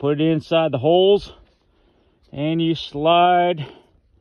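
Someone talks while handling a Blevins quick-change stirrup leather buckle, putting its two pins through the holes in the stirrup leather before sliding the keeper down over them. Only speech is heard, with a quiet pause between phrases. The keeper has not yet locked into place, and nothing has seated or clicked.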